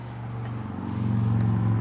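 A patio umbrella pole with a spring-loaded clicker at its bottom is pushed down into the metal tube of a truck hitch-mount post, aiming for the clicker to snap into a hole in the tube. A steady low rumble with faint scraping grows gradually louder through the clip, with no sharp transients. Nothing has seated or clicked yet.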